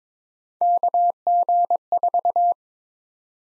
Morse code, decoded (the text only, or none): KG4